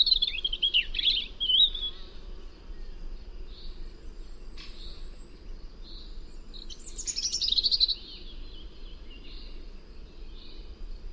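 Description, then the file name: European robin with a wavering, warbled high phrase at the start and a later sharp, descending rattle of fast notes, separated by quiet, over faint low noise. "Erithacus rubecula"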